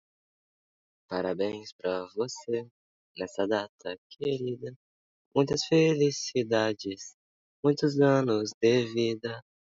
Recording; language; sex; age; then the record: short text; Brazilian Portuguese; male; 20 to 29 years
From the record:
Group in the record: control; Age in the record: 21 years